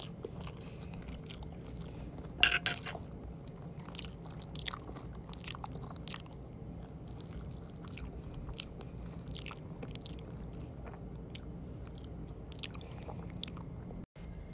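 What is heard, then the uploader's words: Wet mouth sounds of someone eating noodles, with steady chewing and frequent soft, bright clicks and smacks scattered throughout. A sharper, louder crunchy burst stands out around two and a half seconds. A low, steady hum sits underneath, and the sound briefly cuts out near fourteen seconds. ASMR Noodle Eating (mouth sounds). Ramen noodles • Chewing • Slurping • breathing Sounds.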